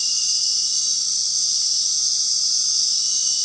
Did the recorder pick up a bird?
no